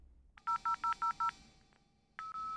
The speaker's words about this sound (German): Sie tippt die 110 ins Handy ein.